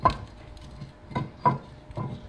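A replacement ceramic catalytic combustor in its metal housing is handled into the combustor bay of a Vermont Castings Defiant or Encore wood stove, meant to be pushed into the stove's lip so it locks into place and then rests on the back edge. Several short metal knocks are heard near the start and around 1.2, 1.5 and 2.0 seconds, and someone talks. Nothing has seated or clicked into place yet.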